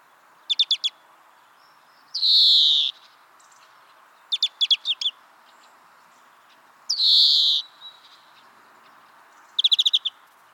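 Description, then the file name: European greenfinch alternating short bursts of several fast twittered notes with two long buzzy wheezes. "Chloris chloris"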